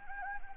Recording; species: mosquito wingbeat signal from an infrared sensor; Anopheles gambiae